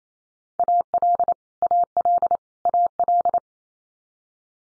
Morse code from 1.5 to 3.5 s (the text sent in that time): AL AL